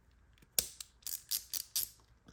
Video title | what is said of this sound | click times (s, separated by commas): Icon Meme Tool - 711L Extension Mod | then it clicks into place. | 0.6 s